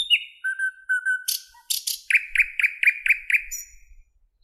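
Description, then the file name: Nightingale song: soft low piping whistles, sharp harsh bursts, then a quick repeated series of throaty chuckling notes that fades away. "Penie Solovja"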